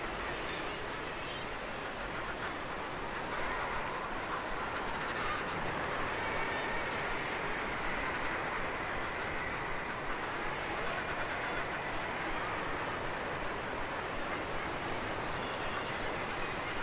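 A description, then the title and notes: A huge seabird colony of guillemots, razorbills and fulmars keeps up a constant, dense chatter with no let-up across the whole clip. Countless overlapping calls merge into a steady roar, strongest in the mid and upper range, with a rumbling wash underneath. The evocative chatter of a huge seabird colony. The wild cliffs of Handa, off the coast of Sutherland, and the swirling whirling city of seabirds. The noise is constant as birds constantly commute between cliffs and the wider ocean to feed. Recorded by Fergus Collins.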